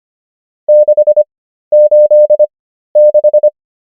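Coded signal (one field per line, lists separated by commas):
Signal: Morse code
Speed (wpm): 25 wpm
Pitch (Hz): 600 Hz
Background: none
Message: 686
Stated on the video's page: Morse number practice at 25 wpm character speed and 13 wpm word speed (Farnsworth spacing).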